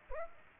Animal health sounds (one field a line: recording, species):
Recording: mosquito wingbeat signal from an infrared sensor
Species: Aedes aegypti